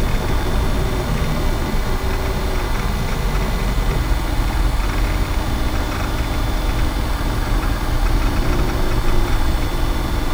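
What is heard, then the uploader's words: An old computer runs with a steady, low droning hum that holds the same level for the whole stretch. A fine, rapid flutter rides on the rumble, with faint thin whining tones sitting above it and no distinct events. VINTAGE COMPUTING • Take a Trip Back to the 90s.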